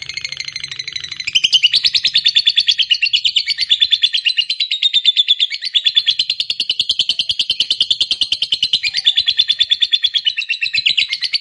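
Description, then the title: Lovebird song, an unbroken rapid chattering trill of harsh, buzzy pulsed notes, varying slightly in pitch throughout. Lovebird said to be lazy to sing, becoming eager and singing spontaneously, immediately 'narik' (long continuous song). "LOVEBIRD Malas Bunyi JADI GREGET SPONTAN Langsung NARIK"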